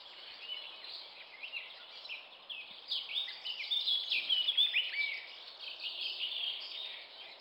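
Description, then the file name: Eurasian blackcap singing a fast, jumbled warble of chattering and twittering notes that grows louder and richer toward the middle, then trails off. Finland, during spring migration. "mustapaakerttu hannes tiira"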